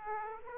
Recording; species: mosquito wingbeat signal from an infrared sensor; Aedes aegypti